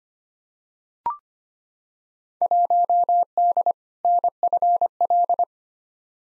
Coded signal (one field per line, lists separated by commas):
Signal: Morse code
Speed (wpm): 25 wpm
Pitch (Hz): 700 Hz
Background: none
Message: 1D NFL